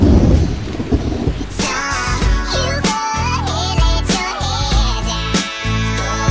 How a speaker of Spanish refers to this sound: Confites, confites blancos que rebotan en el suelo. Si no los recoges pronto, tendrás agua entre los dedos. El granizo.